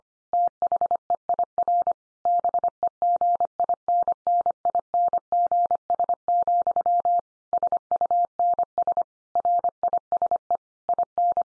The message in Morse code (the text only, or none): THEIR BEGINNINGS, SUNS RISE IN